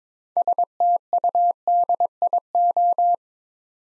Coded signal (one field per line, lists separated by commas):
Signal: Morse code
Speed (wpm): 22 wpm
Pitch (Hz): 700 Hz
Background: none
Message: STUDIO